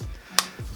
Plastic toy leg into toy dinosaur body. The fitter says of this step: um yeah we'll just push until it clicks